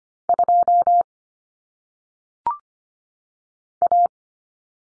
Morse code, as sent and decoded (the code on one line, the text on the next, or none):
..--- / .-
2 A